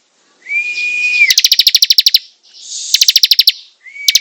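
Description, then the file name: Prinia gives a level whistle, then a fast train of many sharp chip notes, a pause, and a second shorter chattering burst. Singing vigorously, described by the local term gacor. "prenjak gacor"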